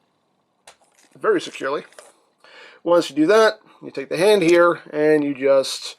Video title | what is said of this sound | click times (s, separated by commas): MPM-5 Masterpiece Movie BARRICADE | this over and this will just tab in right in there and that will just click into place very securely | 0.7 s